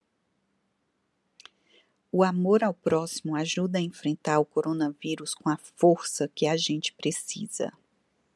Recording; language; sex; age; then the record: spoken sentence; Brazilian Portuguese; female; 40 to 49 years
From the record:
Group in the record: control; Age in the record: 40 years